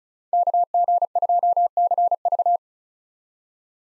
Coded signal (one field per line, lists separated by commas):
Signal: Morse code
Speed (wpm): 36 wpm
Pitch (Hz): 700 Hz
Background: none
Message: KG2CV